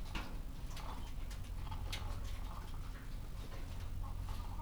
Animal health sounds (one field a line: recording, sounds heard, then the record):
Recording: poultry house recording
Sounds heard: sick chickens (respiratory disease)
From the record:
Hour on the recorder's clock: 15